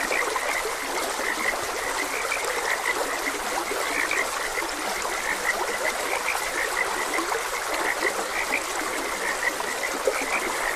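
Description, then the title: Continuous frog croaking from many callers, a pulsing mid-high chorus, accompanied by the steady rush of a flowing stream. Frogs croaking beside a gentle stream. "Gentle Stream and Frogs Croaking"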